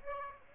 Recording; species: mosquito wingbeat signal from an infrared sensor; Aedes aegypti